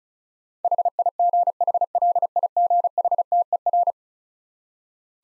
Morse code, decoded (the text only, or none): HIGHLIGHTER